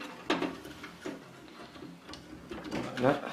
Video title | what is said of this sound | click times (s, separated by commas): Maintenance informatique Comment monter son PC P5 Le cablage | ça, vous trouvez le bon sens, et il suffit de le clipser sur chaque élément. Voilà. Voilà. | 0.3 s